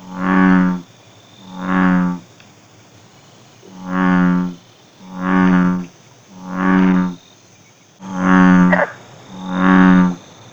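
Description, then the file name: American bullfrog croaking in low, buzzy, booming notes, about seven steady pulses spaced a little over a second apart, with brief pauses after the second and fifth. "Rana catesbeiana"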